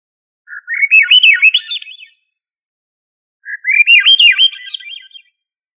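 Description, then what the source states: Thrush song: two rich, rapid phrases of warbled, slurred notes climbing from mid to high pitch, each about two seconds long, separated by a short pause; no other sounds. Family Turdidae; local name sabiá.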